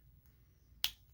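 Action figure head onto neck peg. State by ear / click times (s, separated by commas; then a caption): seated / 0.8 s. A swapped head is pressed with leverage onto the plastic neck peg of a Demoniacal Fit Martialist action figure. Against a quiet background, a single sharp click sounds at 0.8 s, followed by a much fainter tick near 1.2 s. The head snaps home and is seated on the peg.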